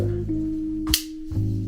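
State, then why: Seated. While unboxing a DJI Action 5 Pro action camera, a buckle on a camera accessory (a mount or cage) is tucked in and closed by hand. Over steady background music, a sharp, short snap is heard at 0.9 s, and the buckle is shut and fastened.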